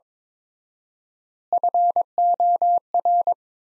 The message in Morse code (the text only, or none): FOR